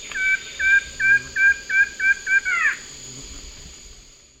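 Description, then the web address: Plain-winged Antshrike giving a series of about eight evenly spaced nasal notes, the last a short, hurried twisting note, over a steady high background hum. Recorded in the eastern lowlands of South America. "Natures Songs S America Eastern Lowlands. Plain-winged Antshrike"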